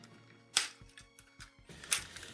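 Two plastic panels of an action figure are folded together with some struggle, bringing a loud sharp snap at about 0.6 s and softer taps and clicks. The panels snap into place with a sharp click at 1.9 s and are seated.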